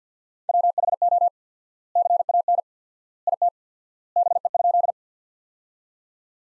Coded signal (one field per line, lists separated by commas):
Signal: Morse code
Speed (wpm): 50 wpm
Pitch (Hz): 700 Hz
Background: none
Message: WHO CAN IT BE?